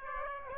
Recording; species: mosquito wingbeat signal from an infrared sensor; Aedes aegypti